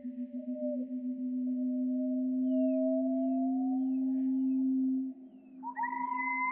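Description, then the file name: Slowed-down wallcreeper calls: a deep steady tone beneath a gently rising whistle, faint high chirps scattered above, ending with new rising notes. "TICHODROME RALENTI"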